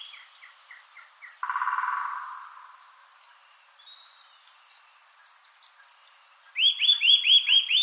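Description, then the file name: Eurasian nuthatch calls, a fast burst of about six loud, ringing notes at the end, after a brief rushing noise and faint high twitters. "Sitta europaea"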